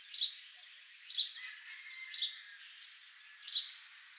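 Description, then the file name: House sparrow calling with four clear chirps spaced about a second apart over a light hiss. "Passer domesticus"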